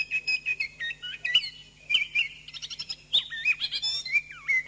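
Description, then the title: Thrush song: a rapid run of clear whistled phrases, rising and falling notes mixed with short chirps and trills, with a faint steady low hum underneath. "Suara Burung Anis"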